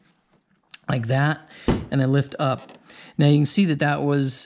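A hand lifts from underneath a painted front bumper trim piece on a Corvette C7, during a ZR1 front bumper conversion, so the paint does not crack. A single short, sharp pop at 0.7 s marks its hidden pressure clip releasing from the bumper cover. Someone then talks as the trim comes free.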